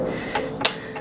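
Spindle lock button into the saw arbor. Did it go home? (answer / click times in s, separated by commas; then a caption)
yes / 0.6 s. On a DeWalt FlexVolt miter saw, the spindle lock button is pressed during a blade change while the blade is turned until the lock drops into the arbor. A smaller tick is heard at about 0.4 s, and then a sharp click at 0.7 s as the lock engages. The blade stays locked.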